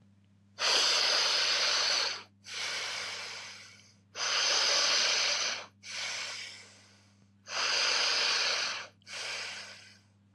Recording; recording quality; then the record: deep breathing; excellent, no background noise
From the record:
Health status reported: healthy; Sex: male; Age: 26 years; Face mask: not worn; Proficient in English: yes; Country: India